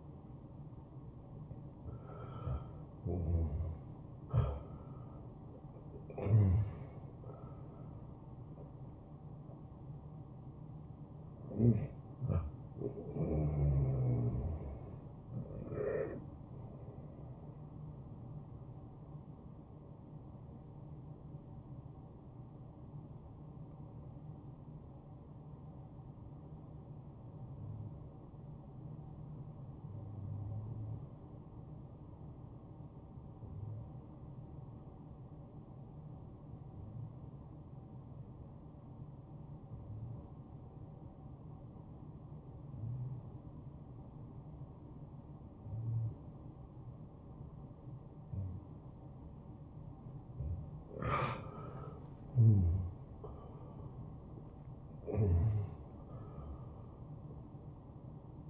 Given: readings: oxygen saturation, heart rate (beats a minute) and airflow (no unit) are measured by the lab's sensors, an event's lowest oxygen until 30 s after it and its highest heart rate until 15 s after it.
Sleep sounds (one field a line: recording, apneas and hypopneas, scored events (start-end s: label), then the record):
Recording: breathing in sleep by a smartphone at the bedside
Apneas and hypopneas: 1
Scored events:
20.00-51.30 s: obstructive apnea (N1, oxygen 95% highest, then 86% lowest, heart rate 74 at the start, 81 highest)
From the record:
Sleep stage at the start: N1 (lightest sleep)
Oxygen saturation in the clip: 88 to 95%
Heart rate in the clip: 65 to 82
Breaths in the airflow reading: 6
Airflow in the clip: -14.7 to 10.5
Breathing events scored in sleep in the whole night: 263 in 5.5 hours asleep